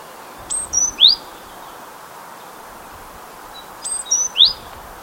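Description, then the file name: Great tit call: two short three-note phrases, each a thin high whistle, a lower note, then a bright rising sweep, about three seconds apart, over steady background hiss. "Parus major"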